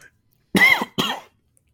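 An adult man's little, weird cough: two quick, high-pitched cough bursts about half a second apart, with a squeaky, throat-clearing quality.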